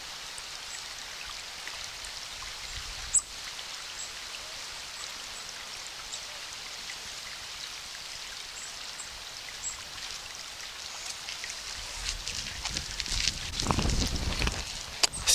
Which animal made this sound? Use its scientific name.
Poecile atricapillus